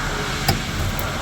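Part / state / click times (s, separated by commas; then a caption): headlight bulb socket into headlight assembly housing / seated / 0.5 s. A new headlight bulb and socket are inserted and twisted into the headlight assembly housing of a 2009-2017 Chevy Traverse over a steady background hum. A single sharp click sounds at 0.5 s as the socket seats into the housing.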